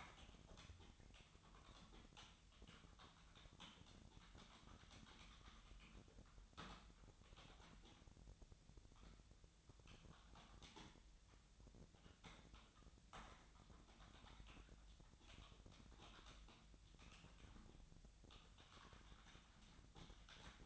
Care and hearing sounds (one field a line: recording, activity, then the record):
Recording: daily activity, microphone in the room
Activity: typing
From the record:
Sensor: 3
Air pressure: 1009.4 hPa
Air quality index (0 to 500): 196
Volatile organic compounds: 16 ppm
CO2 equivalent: 2552 ppm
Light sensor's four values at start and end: 33/83/35/38 and 34/84/36/38